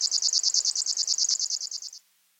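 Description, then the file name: River warbler song, a brief series of evenly spaced, buzzy pulses that stops abruptly after about two seconds. "Rechnoj sverchok"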